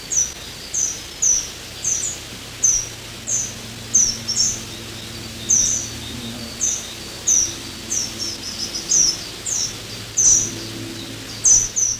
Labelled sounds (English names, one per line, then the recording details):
Yellowhammer call
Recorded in the wild
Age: subadult
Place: Sehnde, OT Rethmar, Niedersachsen, DE
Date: 1986-06-09
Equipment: Halbspur, 9,5 cm/s
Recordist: Lütgens, Hans
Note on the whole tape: Flügge, junge Goldammern, bei Rethmar am Kanal